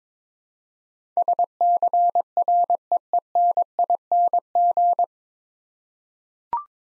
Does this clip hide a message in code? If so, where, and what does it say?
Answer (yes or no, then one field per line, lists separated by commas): yes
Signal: Morse code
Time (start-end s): 1.2-5.0 s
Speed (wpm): 22 wpm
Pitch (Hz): 700 Hz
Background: none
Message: SCREENING